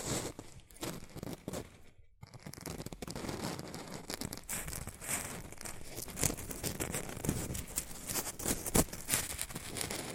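Shredded tissue and packing peanuts rustle and crinkle in a dense, busy stream of soft scratchy crackles. A brief silence breaks it just after two seconds, then the handling resumes, growing thicker with sharper bright crinkles and occasional louder snaps toward the end.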